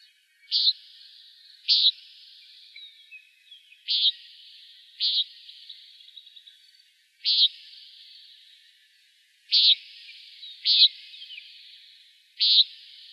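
Common nighthawk giving short, nasal, buzzy peent calls, eight in about thirteen seconds at irregular intervals, each with a brief fading tail, over a quiet background.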